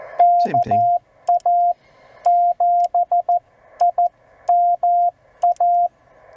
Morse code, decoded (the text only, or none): KA7IMA